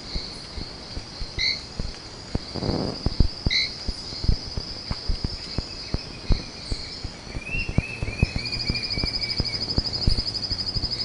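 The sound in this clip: Bird calls: two brief high chirps early on, later a long thin whistle gently falling, with a constant high hum and scattered clicking noises throughout.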